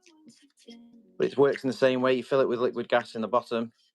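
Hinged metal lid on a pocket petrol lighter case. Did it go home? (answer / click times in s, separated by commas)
no / none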